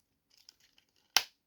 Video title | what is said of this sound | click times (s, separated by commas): Transformers Review 69: MP12 Sideswipe | And you've got to line those up until you hear it snap into place | 1.2 s